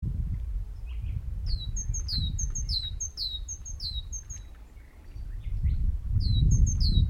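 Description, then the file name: Great tit calling, bright two-note phrases of a high thin note dropping to a lower one, repeated rapidly in two bursts over steady low rumbling background noise. "Parus major"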